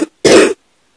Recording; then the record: coughing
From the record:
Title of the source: 60 coughing still (deep and wet cough)